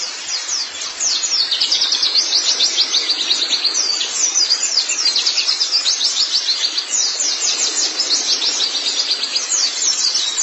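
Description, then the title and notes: White-eye song: rapid, high, thin twittering with quick down-slurred notes running almost without pause for the whole stretch, no other clear sounds. "Kicauan Burung Pleci Durasi Panjang. Suara kicauan burung pleci"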